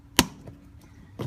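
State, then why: Seated. A grocery hook is squeezed and pushed back into its opening in the plastic trunk side trim panel of a C-Class facelift. It seats with one sharp, loud click at 0.2 s. Faint taps follow around 0.5 and 0.8 s, and a softer knock comes at 1.2 s.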